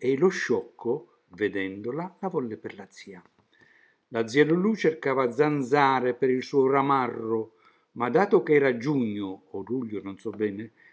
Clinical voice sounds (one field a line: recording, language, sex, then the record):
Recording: read passage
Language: Italian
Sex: male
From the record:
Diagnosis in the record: healthy control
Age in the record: 76 years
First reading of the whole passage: 56 s, 9.2 characters per second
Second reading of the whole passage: 53 s, 9.7 characters per second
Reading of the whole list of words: 49 s, 5.7 characters per second